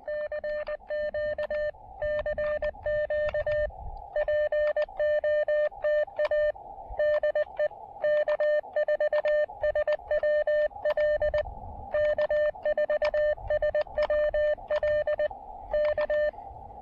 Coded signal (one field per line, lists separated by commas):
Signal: Morse code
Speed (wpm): 19 wpm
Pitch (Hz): 590 Hz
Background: none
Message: CQ CQ POTA DE K4SWL K4SWL K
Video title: Rendezvous Mountain SOTA & POTA: QRP DX with 5 watts and speaker wire!